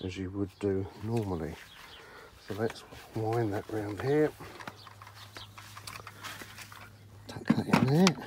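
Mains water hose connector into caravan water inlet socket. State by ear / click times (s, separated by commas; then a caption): not seated / none. Someone talks while handling the plastic Whale Water Master mains water hose connector and lining it up at the caravan water inlet socket, with a few short handling knocks between the speech. Nothing has seated or clicked yet.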